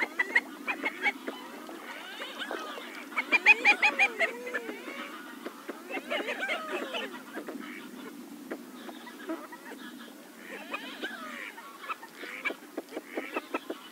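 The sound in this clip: Common pochard calls: soft, curving whistled notes and short nasal sounds overlap in a busy waterfowl chorus, with sharp clicking calls scattered throughout.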